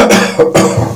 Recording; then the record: coughing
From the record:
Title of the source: Cough Around the Clock!